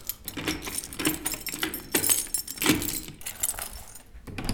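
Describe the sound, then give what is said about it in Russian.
Keys jangle and clink in irregular bursts, bright metallic rattles rising and falling as they are fumbled with at an apartment door lock, with no voices over them. “Ключ куда-то пропал. Всегда его теряю. А, нет. Нашел.”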